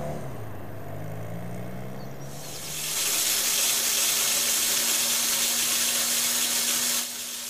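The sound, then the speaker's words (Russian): Water pours with a rising tone and then swells into a loud, steady hissing rush as someone makes coffee, which cuts off abruptly near the end. “Он сделал себе кофе.”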